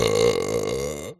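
A single voiced burp from a 40-year-old man, lasting about one second, low and buzzy with a falling pitch at the end.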